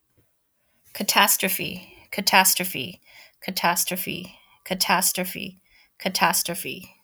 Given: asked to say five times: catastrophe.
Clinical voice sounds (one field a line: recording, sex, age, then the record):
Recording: repeated word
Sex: female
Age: 40 to 49 years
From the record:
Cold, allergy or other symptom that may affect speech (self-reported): no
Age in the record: 46 years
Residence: United States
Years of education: 16